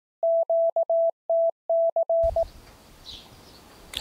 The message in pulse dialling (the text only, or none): none